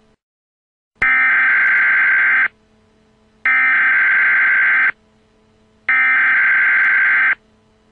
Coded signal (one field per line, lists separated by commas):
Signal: Emergency Alert System (SAME) tones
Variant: header bursts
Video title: Emergency Alert System - Yellow Fever Biological Attack. Cove, Oregon.